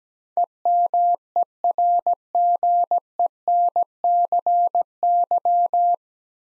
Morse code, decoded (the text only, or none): EMERGENCY